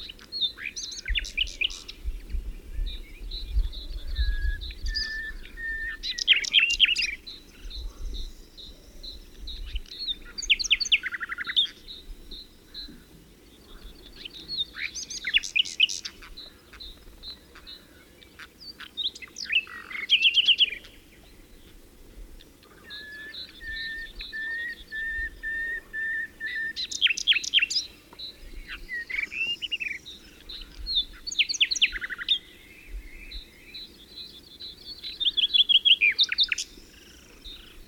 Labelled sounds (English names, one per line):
Western Black-eared Wheatear